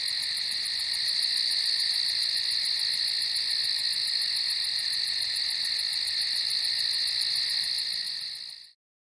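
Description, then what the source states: Crickets in a steady high-pitched chorus of rapid pulsed chirps that runs evenly, then cuts off abruptly to silence near the end. Crickets at night on a farm.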